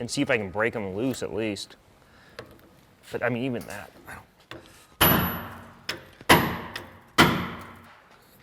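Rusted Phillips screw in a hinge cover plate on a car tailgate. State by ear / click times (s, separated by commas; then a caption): stripped / 4.5 s, 5.9 s. Someone talks, then hammer blows strike a manual impact screwdriver set in rusted Phillips screws on the tailgate hinge cover plates of a steel body on a 1955-1957 Chevy wagon, with sharp metallic hits at 4.5 s and 5.9 s and ringing strikes after. The rotted screws stripped out quickly under the impact screwdriver instead of breaking loose, so they will be drilled out.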